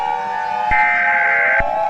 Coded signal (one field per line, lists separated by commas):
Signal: Emergency Alert System (SAME) tones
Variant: header bursts